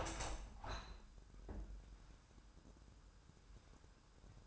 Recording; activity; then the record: daily activity, microphone in the room; open window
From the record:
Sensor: 2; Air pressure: 997.8 hPa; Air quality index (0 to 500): 137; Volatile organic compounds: 4 ppm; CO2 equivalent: 1542 ppm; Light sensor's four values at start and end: 11/32/13/12 and 11/32/13/12